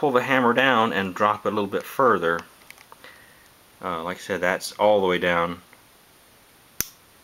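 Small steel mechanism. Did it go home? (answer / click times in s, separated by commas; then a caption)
yes / 6.8 s. Someone talks while handling the steel hammer of a Marlin 336C 30-30 lever-action rifle, with a few faint ticks around 2.7–3.0 s. At 6.8 s the hammer gives one sharp click as it catches in the half-cock safety notch, confirming it has seated at half cock.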